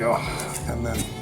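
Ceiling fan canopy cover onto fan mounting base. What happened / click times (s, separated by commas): The cover is being handled but has not yet snapped into place / none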